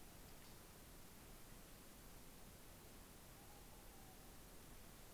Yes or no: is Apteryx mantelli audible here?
no